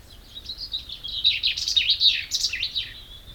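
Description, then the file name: Common chaffinch song: a single loud, high rattling phrase that quickens and tumbles downward into a final flourish, over a quiet background. "Fringilla coelebs"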